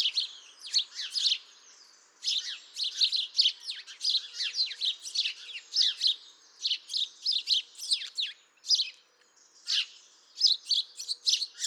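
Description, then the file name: House sparrow giving rapid runs of chirps, with short breaks near two and nine seconds. "Passer domesticus"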